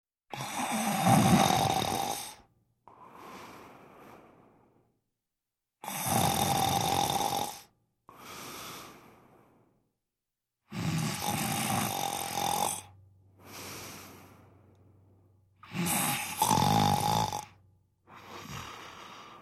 Adult Male Snoring.